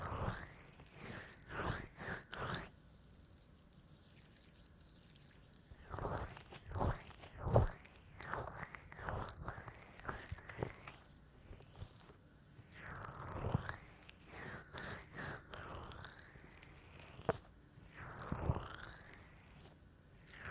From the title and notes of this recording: ASMR×黑3Dio | 乳液耳朵按摩 | EarMassage | NO Talking.